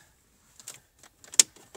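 A tool levers the first side of a plastic trim panel outward on a Dacia Duster tailgate, and after a few faint scraping ticks, a sharp pop of the plastic trim clip releasing comes at 1.4 s. The panel has come out slightly on that first side.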